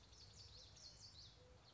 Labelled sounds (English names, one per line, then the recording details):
Common Yellowthroat
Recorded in Sonoma County, California